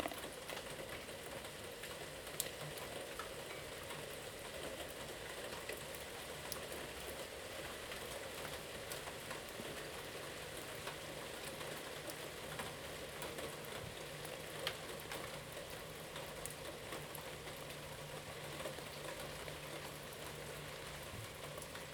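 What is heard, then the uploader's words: Rain falls in a steady, dense patter of countless small drops, with no letup across the whole stretch. A few sharper, louder taps stand out, near 2.5 and 14.5 seconds. A low, even hum runs underneath, giving a faint engine-like rumble. Three recordings of rain. Three recordings made in the backyard around eight o'clock in the morning. Once with the mic underneath a plastic container, once underneath of a metal dish, once beneath nothing but the sky.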